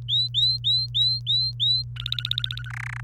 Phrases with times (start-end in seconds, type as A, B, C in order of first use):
0.08-1.83 A, 1.96-2.69 B, 2.70-3.01 C